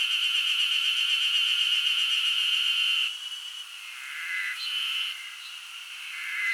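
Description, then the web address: Cicada: a harsh, high buzzing scree, loud and steady for about three seconds, then softer, wavering buzzing. Wild cicadas in Hokkaido, giving a scree. "Google Sounds Sound Matters. Cicadas scree in wild hokkaido"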